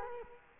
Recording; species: mosquito wingbeat signal from an infrared sensor; Culex quinquefasciatus